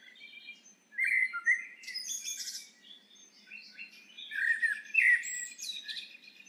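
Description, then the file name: Eurasian blackbird song: two phrases of rich, low warbling, each trailing off into thin, high-pitched squeaks. "Turdus merula"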